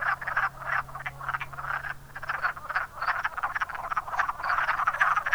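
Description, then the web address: Several wood frogs giving hoarse clucks in quick overlapping bursts, a low drone underneath. "zoology woodfrog"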